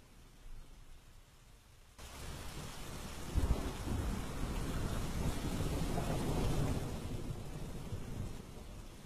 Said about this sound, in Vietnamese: Ở bên phía nhà cậu Cẩn, cậu ngồi ngoài hiên, chống cằm như chó sen táp ao, ngắm cơn mưa đang sủi bong bóng ở ngoài sân. Đất trời vần vũ